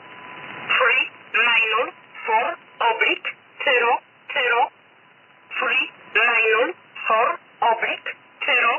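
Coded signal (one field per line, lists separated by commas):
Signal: numbers station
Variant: E11 'Oblique'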